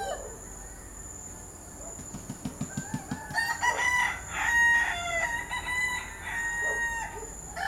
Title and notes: Port-au-Prince ne se tait jamais. De l’aube à l’aube, 2 millions d’habitants, de coqs et de chiens déambulent sur des trottoirs invisibles. Le Bruit et la fureur ASBL, ARTE Radio